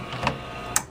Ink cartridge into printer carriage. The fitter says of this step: just snap man okay so we noticed that there wasn't much of a mess that I made doing this